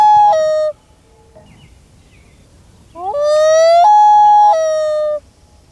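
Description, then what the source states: Common Loon wail: the end of one note stepping down at the start, then a long clear note that rises, steps up, holds, then drops and eases downward. Solo wail, described as piercing; heard on a lake more often than the hoot; sound carries and reflects over water.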